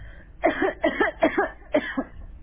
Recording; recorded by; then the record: voluntary cough; telephone call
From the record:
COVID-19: positive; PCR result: self-reported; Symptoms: no